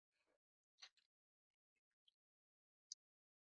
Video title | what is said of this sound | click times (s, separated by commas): The Galaxy Watch 8 is HERE 🔥 Unboxing The Watch 8 & Watch 8 Classic | There we go. So, it's not that it wasn't that hard. Pretty good. Just snaps right in. | 2.9 s